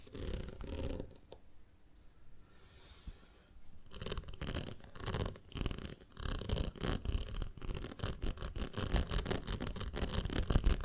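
ASMR sounds of a honeycomb on a branch. The first few seconds are hushed, with soft rustles and a brief tap near one second. From about four seconds, dense, crackly, sticky scraping and crunching sets in, fast and uneven, growing louder toward the end.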